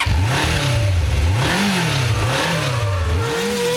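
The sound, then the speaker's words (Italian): A brief show jingle made of a loud car engine revving, its pitch swooping up and down several times in steady waves, with no voices. “Siamo in leggero ritardo, sentiamo la sigletta.”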